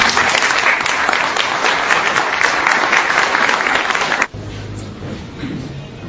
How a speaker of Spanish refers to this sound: Rinde unas palabras al auditorio presente en esta sesión solemne del Consejo Provincial de Guaral. El aplauso.